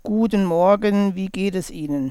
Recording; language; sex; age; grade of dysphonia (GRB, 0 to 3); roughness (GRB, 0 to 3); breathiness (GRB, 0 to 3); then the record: spoken sentence; German; male; 40 to 49 years; 0; 0; 0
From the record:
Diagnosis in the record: contact pachydermia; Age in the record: 46 years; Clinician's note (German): Kontaktpachydermie ohne "Kontaktpachydermie", Verdacht auf Reflux